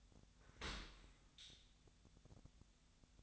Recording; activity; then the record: daily activity, microphone in the room; open dishwasher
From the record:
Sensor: 3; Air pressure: 1006.7 hPa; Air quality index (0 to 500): 209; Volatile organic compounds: 19 ppm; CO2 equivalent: 2662 ppm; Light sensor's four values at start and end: 11/25/10/10 and 11/25/10/10